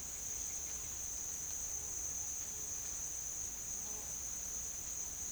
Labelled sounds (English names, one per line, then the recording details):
none
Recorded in pastures near Puerto Asís, Putumayo, Colombia, on 25 June 2025 at 09:30
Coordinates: 0.502, -76.324
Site G010